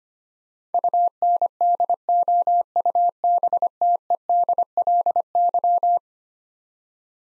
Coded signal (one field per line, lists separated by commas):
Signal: Morse code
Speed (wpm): 25 wpm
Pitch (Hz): 700 Hz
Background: none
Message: UNDOUBTEDLY